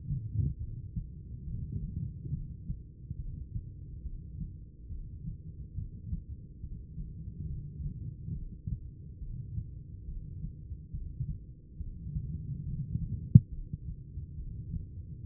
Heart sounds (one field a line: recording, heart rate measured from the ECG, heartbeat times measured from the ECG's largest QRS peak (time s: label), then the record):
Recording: heart sounds by stethoscope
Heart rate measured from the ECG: 70 bpm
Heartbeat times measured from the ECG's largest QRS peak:
0.57 s: heartbeat
1.43 s: heartbeat
2.29 s: heartbeat
3.15 s: heartbeat
4.01 s: heartbeat
4.87 s: heartbeat
5.73 s: heartbeat
6.59 s: heartbeat
7.45 s: heartbeat
8.31 s: heartbeat
9.17 s: heartbeat
10.03 s: heartbeat
10.90 s: heartbeat
11.76 s: heartbeat
12.62 s: heartbeat
13.48 s: heartbeat
14.34 s: heartbeat
15.20 s: heartbeat
From the record:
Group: heart failure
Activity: rest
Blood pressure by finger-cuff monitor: 137/76 mmHg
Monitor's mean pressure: 100 mmHg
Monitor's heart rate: 70 bpm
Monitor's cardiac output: 8 L/min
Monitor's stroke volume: 115 mL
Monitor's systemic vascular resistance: 920 dyn s/cm5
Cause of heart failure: idiopathic cardiomyopathy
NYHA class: 2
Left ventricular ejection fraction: 51%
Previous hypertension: present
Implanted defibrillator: present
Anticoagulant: apixaban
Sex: female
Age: 61 years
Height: 163 cm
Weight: 111 kg